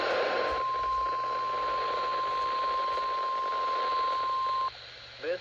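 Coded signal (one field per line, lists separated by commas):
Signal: Emergency Alert System (SAME) tones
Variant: 1050 Hz attention tone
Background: speech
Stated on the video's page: Required Weekly Test on NOAA weather radio station KXI42.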